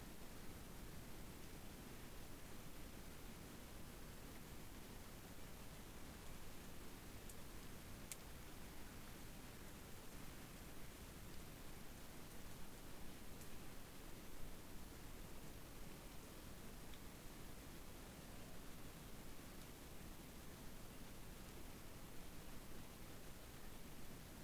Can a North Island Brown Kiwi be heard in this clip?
no